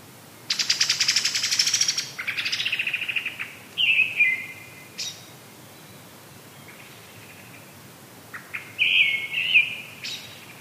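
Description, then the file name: Brown-headed thrush song: short warbled phrases near the middle and end, after a loud, rapid, high buzzy rattle at the start. "akahara"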